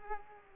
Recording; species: mosquito wingbeat signal from an infrared sensor; Culex pipiens